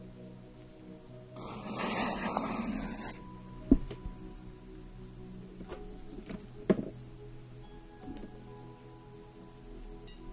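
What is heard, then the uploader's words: A facial treatment session with a steady low hum underneath. From about one and a half to three seconds a loud hiss of steam rushes in, then stops. Afterward come soft rubbing and a few sharp taps or clicks near four, six and seven seconds. Enjoy the sounds of having your facial treatment, with steam, cream, and massage.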